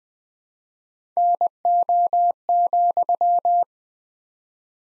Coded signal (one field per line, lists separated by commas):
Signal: Morse code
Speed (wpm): 20 wpm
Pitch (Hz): 700 Hz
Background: none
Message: NO,